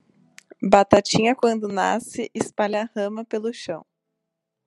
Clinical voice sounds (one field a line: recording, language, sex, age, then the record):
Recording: short text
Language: Brazilian Portuguese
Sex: female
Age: 20 to 29 years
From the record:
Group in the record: control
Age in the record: 23 years